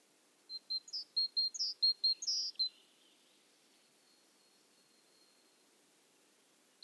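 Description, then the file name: Great tit calling: one quick run of several thin, high pips and slurred notes, then quiet with only faint background hiss. "Parus major"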